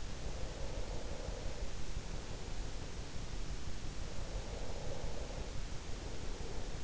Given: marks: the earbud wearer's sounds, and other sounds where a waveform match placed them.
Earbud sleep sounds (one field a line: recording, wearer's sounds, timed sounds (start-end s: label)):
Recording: sounds in sleep by an in-ear microphone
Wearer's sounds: breath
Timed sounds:
0.19-2.84 s: breath
4.04-6.84 s: breath